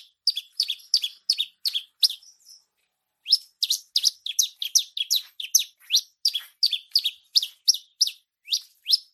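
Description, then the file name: Bushlark song of sharp, high chirps in quick succession, a brief silent gap early on, then the rapid chirping resumes. Singing described as gacor, an Indonesian term for active, continuous song. "suara branjangan gacor mewah"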